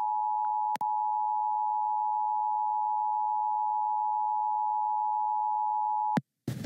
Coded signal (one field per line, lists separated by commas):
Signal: Emergency Alert System (SAME) tones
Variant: 853 and 960 Hz attention tone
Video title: EAS Flash Flood Warning On GDEAS 3/13/21 (EAS #369)